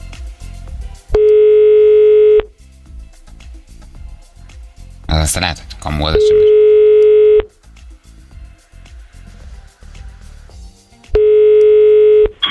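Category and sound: signal or alarm, skype call ringing tone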